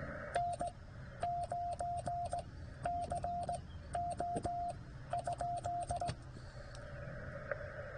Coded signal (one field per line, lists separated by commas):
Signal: Morse code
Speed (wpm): 18 wpm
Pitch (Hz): 700 Hz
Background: radio noise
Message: N9CO ?